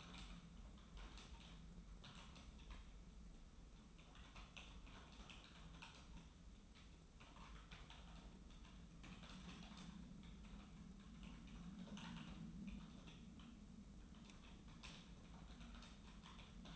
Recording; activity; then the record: daily activity, microphone in the room; typing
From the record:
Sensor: 1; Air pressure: 994.4 hPa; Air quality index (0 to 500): 220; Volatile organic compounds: 1000 ppm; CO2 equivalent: 7869 ppm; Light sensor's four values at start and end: 61/135/60/63 and 60/134/60/63